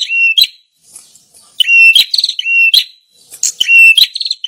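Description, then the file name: Prinia calls: steady high whistled notes held under half a second, broken by harsh buzzy chattering bursts, in three phrases with short silences between. Lure call played to attract birds. "suara burung prenjak pikat"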